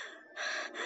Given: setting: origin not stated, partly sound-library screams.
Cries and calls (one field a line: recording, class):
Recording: one-second piece from a danger detection set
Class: woman in danger